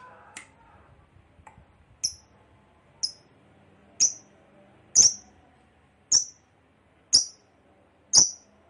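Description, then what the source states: Lovebird giving short, sharp, high chirps, spaced about one second apart and growing louder toward the end. Long ngekek chatter, described as gacor (in full, frequent voice).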